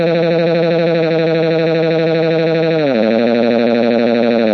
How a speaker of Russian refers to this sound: Зов прокатился по волнам, начиная с кормы молота короля Роберта. Лорд Станнис отдал приказ, и теперь с помощью серой мри звук горна подал сигнал к атаке.